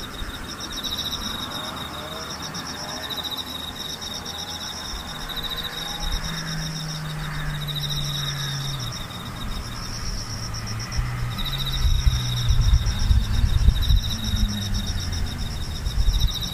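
Insects trill steadily in pulsing high bands throughout, while a low engine-like hum rises and shifts from about six seconds onward.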